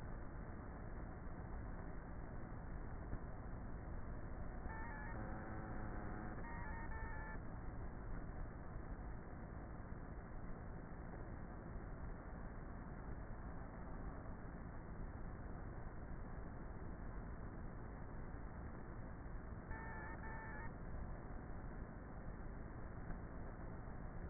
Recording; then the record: honeybee colony, microphone inside the hive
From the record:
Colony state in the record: queenless with a low population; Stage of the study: before two queens were removed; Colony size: about 30,000 bees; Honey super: no